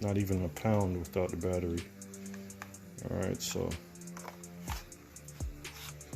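An intelligent flight battery is handled at the rear battery bay of a small plastic DJI Mini 3 Pro drone body while someone talks over background music. Light handling ticks and taps are heard, but the battery has not snapped back into place; nothing has seated yet.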